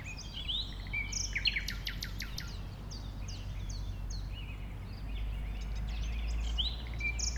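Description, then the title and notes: Common nightingale song: varied phrases, a burst of loud repeated clicking notes, then shorter whistled phrases, over a persistent deep rumble. One nightingale among several settled on the banks of a stream forming a pond, 1500 m from the A20 motorway; recorded around 8 am on Sunday 12 April. "Un Rossignol Envers Et Contre Tout. un rossignol venu avec quelques autres s'installer sur les rives d'un ruisseau formant un étang à 1500 mètres de l'A 20. Ces moments ont été enregistrés vers 8h le dimanche 12 avril"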